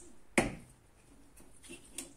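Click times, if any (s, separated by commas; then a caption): 0.4 s. An old wiper blade is pulled off the wiper arm of an Opel Astra H during a full service, and it pops free with a loud, sharp snap at 0.4 s. Two quieter clicks follow at 1.4 s and 2.0 s. The blade is released from the arm.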